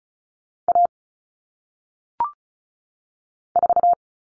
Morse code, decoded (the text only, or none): A 4